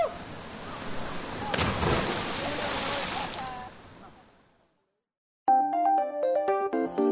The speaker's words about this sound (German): Dann stürze ich mich die 3 Meter vom Felsen ins kalte Wasser.